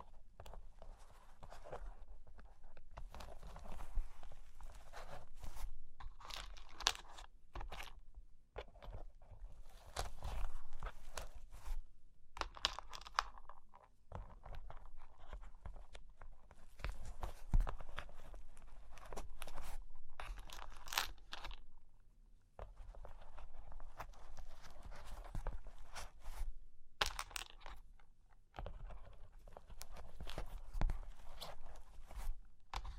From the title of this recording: Cork and Wood Tapping, Scratching, Tracing